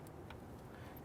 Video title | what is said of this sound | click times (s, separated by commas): How to Replace Serpentine Drive Belt Component Kit 2006-2012 Toyota RAV4 3.5L V6 | You're gonna feel it and hear it snap into place. | 0.3 s